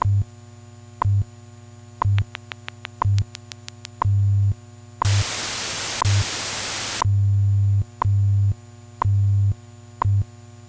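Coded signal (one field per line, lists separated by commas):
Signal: radio time signal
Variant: WWV modulation test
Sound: low hum with ticks each second, rapid clicks, two seconds of hiss, then hum returns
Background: radio static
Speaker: follows is a scientific modulation test for more information visit hampside.org wwv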